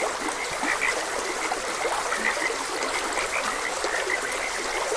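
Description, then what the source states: Frogs calling in brief clipped croaks, overlapping callers dotted throughout above constant rushing stream noise. Frogs croaking beside a gentle stream.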